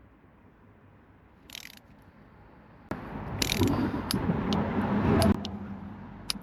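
Ratcheting clamp-tensioning pliers tighten a band clamp on a CV joint boot, with steady ratcheting and mechanical working from about 2.9 s to 5.3 s. The tool's torque mechanism then gives a sharp, confirmed click at 6.3 s, showing the clamp has reached torque.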